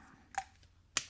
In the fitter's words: it does kind of snap into place it's like you can hear that snap